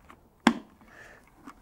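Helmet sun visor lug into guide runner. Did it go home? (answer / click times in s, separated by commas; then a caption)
yes / 0.5 s. The second sun visor lug of a Shark Skwal / D-Skwal motorcycle helmet is pushed into its guide runner, which sits between the shell and the EPS liner. It clicks home at 0.5 s with a single sharp snap, and a few faint clicks and rustles follow. The lug is seated, and the fit is then checked by operating the sun visor switch.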